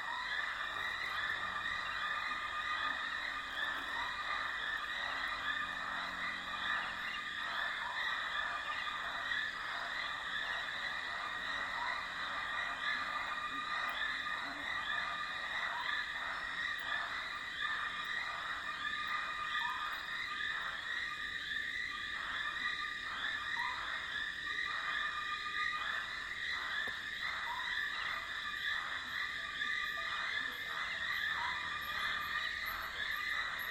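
Dry stretch of the Limpopo River early in the rainy season: steady, dense insect droning with rapid pulsing chirps throughout, and faint low rumbles.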